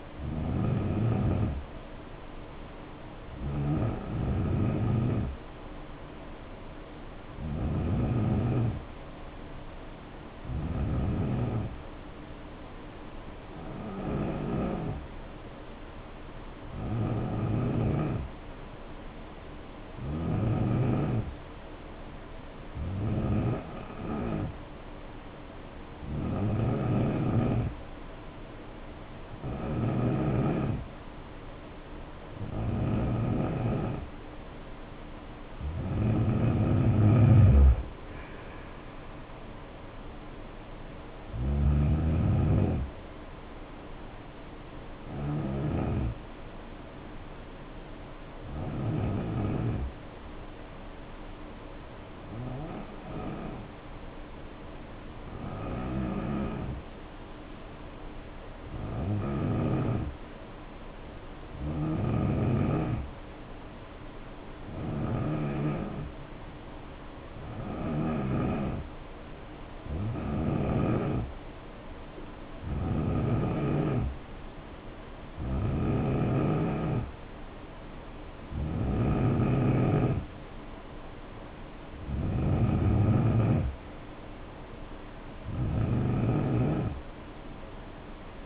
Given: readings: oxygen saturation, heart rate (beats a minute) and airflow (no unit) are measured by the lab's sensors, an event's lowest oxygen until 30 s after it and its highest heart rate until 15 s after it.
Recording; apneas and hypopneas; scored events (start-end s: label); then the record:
breathing in sleep by a voice recorder at the bedside; 2
6.00-88.46 s: new sleep stage, N3 (deep sleep)
9.00-25.00 s: hypopnea (N3, oxygen 92% highest, then 89% lowest, heart rate 71 at the start, 73 highest)
47.00-63.00 s: hypopnea (N3, oxygen 92% highest, then 88% lowest, heart rate 65 at the start, 75 highest)
From the record:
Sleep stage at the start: N2 (light sleep); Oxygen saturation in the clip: 88 to 93%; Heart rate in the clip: 62 to 75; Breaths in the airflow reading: 27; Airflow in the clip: -6.3 to 10.5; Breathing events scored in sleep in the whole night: 520 in 7.2 hours asleep